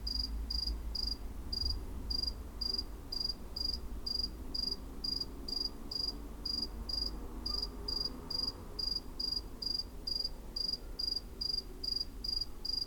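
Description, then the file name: Cricket chirps repeating evenly about twice a second, high-pitched and pulsed, with faint low background noise. "CRICKET ON CATS CREEP"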